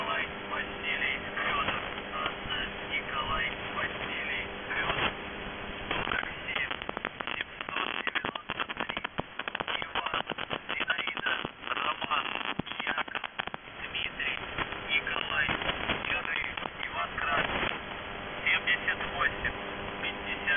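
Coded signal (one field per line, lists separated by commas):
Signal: numbers station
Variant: UVB-76, Russian voice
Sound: distorted voice reading words through heavy crackling interference and dropouts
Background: radio static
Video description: 2:05-4:06 Message 2 - 14:49 UTC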